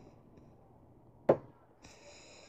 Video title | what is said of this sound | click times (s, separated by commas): The falling star. Unboxing. | listen to that loud audible click this | 1.3 s